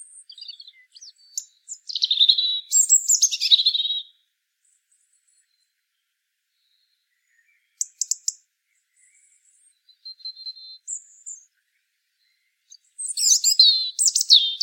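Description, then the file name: European robin song, varied high thin warbled phrases and trills, with a short ticking burst near eight seconds and long silent gaps between phrases. "Erithacus rubecula"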